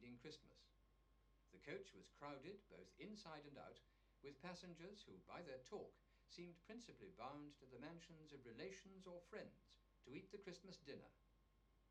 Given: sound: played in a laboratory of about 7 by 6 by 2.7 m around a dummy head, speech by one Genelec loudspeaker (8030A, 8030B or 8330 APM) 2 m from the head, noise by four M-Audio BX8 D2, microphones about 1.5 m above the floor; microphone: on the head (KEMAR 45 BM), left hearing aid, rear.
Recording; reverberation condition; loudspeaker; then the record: male speech in English; low; 30 degrees to the left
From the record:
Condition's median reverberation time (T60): about 310 ms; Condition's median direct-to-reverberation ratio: about 3.5 dB